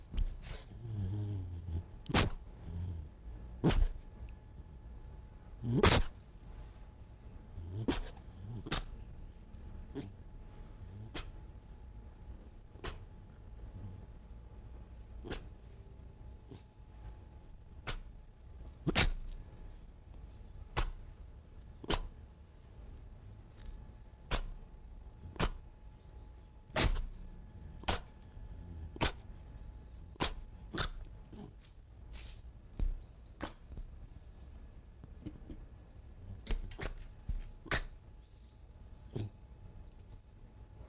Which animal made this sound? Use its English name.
Red Fox